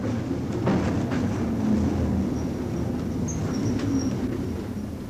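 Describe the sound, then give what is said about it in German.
A tram drives fast through empty streets, rumbling along with a steady low roar of wheels on rails, punctuated by faint high metallic squeals and clicks over the track. “fährt mit Karacho. Die Straßen sind ja leer.”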